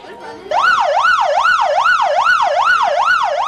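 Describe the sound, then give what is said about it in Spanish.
An alarm siren activated at 10:30 a.m. in the municipality of Alegría, Usulután, during a national earthquake drill starts abruptly after a faint murmur of background noise, then wails loudly and steadily, its pitch rising and falling in quick, regular sweeps about twice or more per second. “A las 10 de la mañana con 30 minutos, las alarmas se activaron en el municipio de Alegría, al norte del departamento de Usulután, en el oriente del país.”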